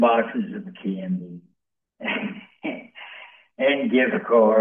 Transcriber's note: laughs